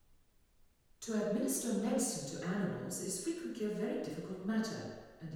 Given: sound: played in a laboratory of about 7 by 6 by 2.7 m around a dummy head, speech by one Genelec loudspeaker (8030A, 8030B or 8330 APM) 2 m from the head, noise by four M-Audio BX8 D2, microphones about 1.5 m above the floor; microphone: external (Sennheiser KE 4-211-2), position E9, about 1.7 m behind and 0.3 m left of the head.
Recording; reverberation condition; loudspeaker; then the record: female speech in English; high; 30 degrees to the right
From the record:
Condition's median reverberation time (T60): about 1300 ms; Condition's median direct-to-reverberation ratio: about -4.0 dB